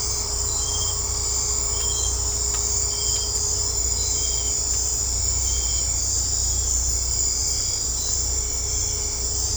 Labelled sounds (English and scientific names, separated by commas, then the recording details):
none
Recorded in secondary vegetation near Puerto Asís, Putumayo, Colombia, on 16 December 2024 at 19:30
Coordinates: 0.502, -76.326
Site G028